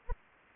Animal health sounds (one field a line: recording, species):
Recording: mosquito wingbeat signal from an infrared sensor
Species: Anopheles arabiensis